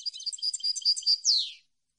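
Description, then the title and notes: European goldfinch in brief song, a rapid twitter of tinkling notes ending in a long falling buzzy slur. Clean goldfinch song for song copying (training). "canto de jilguero limpio para copia"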